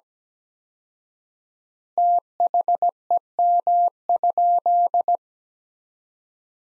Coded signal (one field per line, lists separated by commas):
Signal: Morse code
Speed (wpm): 17 wpm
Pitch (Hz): 700 Hz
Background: none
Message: THEM?